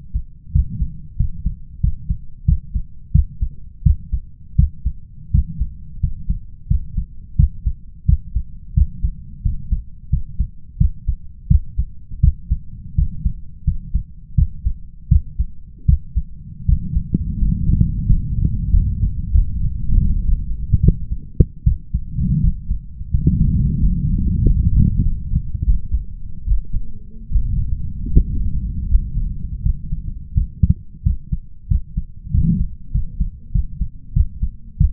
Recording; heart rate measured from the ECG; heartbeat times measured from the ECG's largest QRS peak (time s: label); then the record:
heart sounds by stethoscope; 86 bpm
0.51 s: heartbeat
1.16 s: heartbeat
1.80 s: heartbeat
2.44 s: heartbeat
3.11 s: heartbeat
3.82 s: heartbeat
4.55 s: heartbeat
5.30 s: heartbeat
5.99 s: heartbeat
6.67 s: heartbeat
7.35 s: heartbeat
8.05 s: heartbeat
8.73 s: heartbeat
9.41 s: heartbeat
10.09 s: heartbeat
10.77 s: heartbeat
11.47 s: heartbeat
12.20 s: heartbeat
12.94 s: heartbeat
13.63 s: heartbeat
14.34 s: heartbeat
15.08 s: heartbeat
15.85 s: heartbeat
16.65 s: heartbeat
17.37 s: heartbeat
18.06 s: heartbeat
18.69 s: heartbeat
19.30 s: heartbeat
19.97 s: heartbeat
20.80 s: heartbeat
21.63 s: heartbeat
22.40 s: heartbeat
23.10 s: heartbeat
23.79 s: heartbeat
24.41 s: heartbeat
25.01 s: heartbeat
25.64 s: heartbeat
26.44 s: heartbeat
27.28 s: heartbeat
28.11 s: heartbeat
28.87 s: heartbeat
29.62 s: heartbeat
30.33 s: heartbeat
31.02 s: heartbeat
31.67 s: heartbeat
32.30 s: heartbeat
32.91 s: heartbeat
33.51 s: heartbeat
34.12 s: heartbeat
34.76 s: heartbeat
From the record:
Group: healthy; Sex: male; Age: 21 years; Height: 180 cm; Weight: 67.5 kg